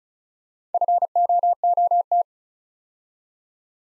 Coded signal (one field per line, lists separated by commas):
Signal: Morse code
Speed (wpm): 36 wpm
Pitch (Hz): 700 Hz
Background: none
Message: FOOT